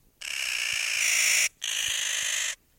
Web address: clark s nutcracker and the whitebark pine